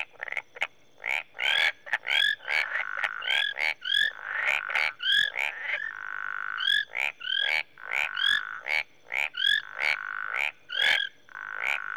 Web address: Africa - Natural World 08 Rwanda, Marsh And Tree Frogs